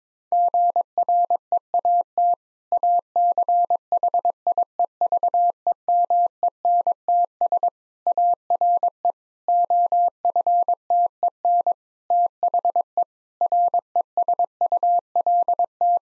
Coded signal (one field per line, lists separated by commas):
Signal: Morse code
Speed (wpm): 22 wpm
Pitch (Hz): 700 Hz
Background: none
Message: GREAT ACHIEVEMENTS ARE OFTEN THE RESULT